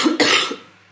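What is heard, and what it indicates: Two quick harsh cough bursts from an adult woman interrupting her speech, part of terrible coughing fits with laryngitis.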